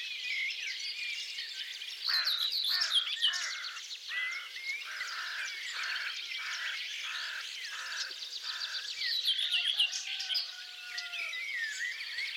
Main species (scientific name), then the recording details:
Sylvia communis. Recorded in the wild. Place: Flögelner See, Schleswig-Holstein, DE. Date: 2007-06-06. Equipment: MiniDisc Sharp MT 20 H. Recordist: Schwarz, Dieter